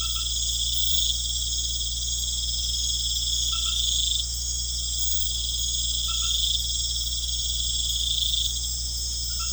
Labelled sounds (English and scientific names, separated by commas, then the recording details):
none
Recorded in pastures near Puerto Asís, Putumayo, Colombia, on 13 March 2025 at 20:30
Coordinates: 0.505, -76.324
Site GP08